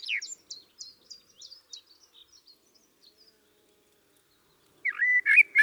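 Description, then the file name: Common blackbird with high squeaky twittering notes that fade out, then after a silent gap a loud fluty warbled phrase. "Turdus merula"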